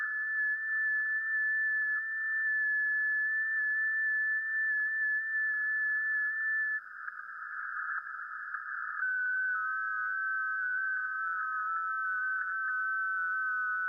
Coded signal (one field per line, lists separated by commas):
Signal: FT8